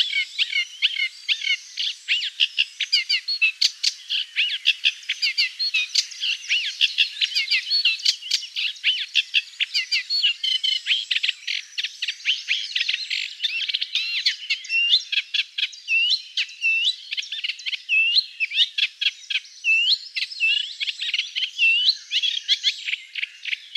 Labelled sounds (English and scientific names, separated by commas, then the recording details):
Eurasian Reed Warbler (Acrocephalus scirpaceus) song
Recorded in the wild
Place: Flögelner See, Schleswig-Holstein, DE
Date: 2009-05-26
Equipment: MiniDisc Sharp MT 20 H
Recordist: Schwarz, Dieter
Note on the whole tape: Song